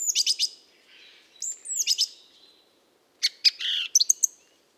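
Mistle thrush song: three short phrases of high, squeaky and scratchy notes, separated by brief pauses.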